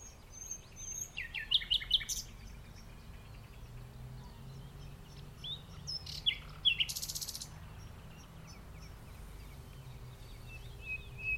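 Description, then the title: Common nightingale song: varied phrases of sharp chirps, a whistled note and a fast buzzy trill between pauses, over a low rumbling background. In the dunes of The Hague, morning of 12 May 2021, recorded during a lockdown walk. "Nightingale and joggers in the dunes (The Hague, May 12th 2021)"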